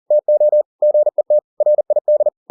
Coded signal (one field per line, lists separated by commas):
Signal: Morse code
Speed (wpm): 40 wpm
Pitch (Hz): 600 Hz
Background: none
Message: TO GET RID